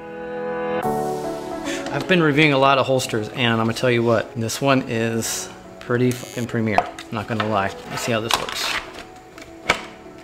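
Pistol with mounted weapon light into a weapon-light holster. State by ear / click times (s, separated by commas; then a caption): seated / 9.7 s. A pistol with a mounted weapon light (Streamlight TLR-7sub on a P365XL) is pushed into a polymer kydex-style weapon-light holster while someone talks over background music. The retention snaps it home with a sharp, positive click at 9.7 s, and the pistol is seated.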